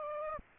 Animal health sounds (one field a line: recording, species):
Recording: mosquito wingbeat signal from an infrared sensor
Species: Aedes aegypti